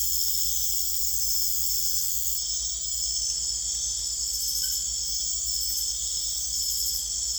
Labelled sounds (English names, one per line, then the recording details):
none
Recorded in secondary vegetation near Puerto Asís, Putumayo, Colombia, on 21 December 2024 at 00:00
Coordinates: 0.488, -76.319
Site GP04